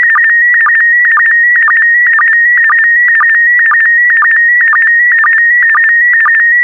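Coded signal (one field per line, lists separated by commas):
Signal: SSTV (slow-scan television)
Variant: PD120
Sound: steady warbling tone around 2 kHz with short low blips about twice a second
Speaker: Get ready. Starting transmission in 5, 4, 3, 2, 1. Transmission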